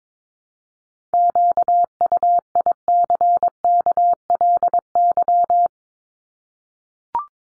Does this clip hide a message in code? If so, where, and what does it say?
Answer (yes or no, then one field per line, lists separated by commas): yes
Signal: Morse code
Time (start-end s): 1.1-5.7 s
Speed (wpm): 22 wpm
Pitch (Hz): 700 Hz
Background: none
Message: QUICKLY